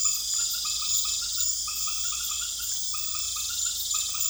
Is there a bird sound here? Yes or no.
no